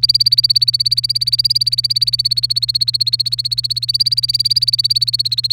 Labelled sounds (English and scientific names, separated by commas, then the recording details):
Domestic Canary (Serinus canaria) song
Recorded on 1 May 2018 at 18:05
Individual llb3